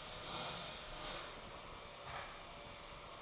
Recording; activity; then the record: daily activity, microphone in the room; vacuum cleaning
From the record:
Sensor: 5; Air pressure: 1009.7 hPa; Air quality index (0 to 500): 167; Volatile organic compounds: 4 ppm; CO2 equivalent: 1619 ppm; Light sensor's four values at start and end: 109/287/117/126 and 109/287/117/126